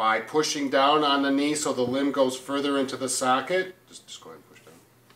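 A liner locking pin is being guided toward a prosthetic socket's shuttle lock as the knee is pushed down to drive the limb further into the socket, while someone talks for most of the clip. The talking fades into quiet handling sounds near the end, and nothing has seated or clicked yet.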